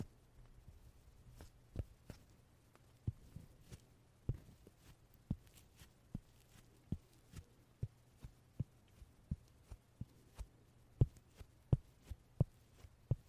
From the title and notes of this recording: 말없이 퍼프 소리만, 가득 담아봤어요 puff sound no talking asmr.